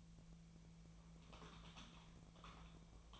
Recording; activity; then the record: daily activity, microphone in the room; typing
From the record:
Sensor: 1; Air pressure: 1000.2 hPa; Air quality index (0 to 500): 141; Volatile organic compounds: 3 ppm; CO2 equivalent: 1329 ppm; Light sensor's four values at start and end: 31/78/33/39 and 31/77/33/39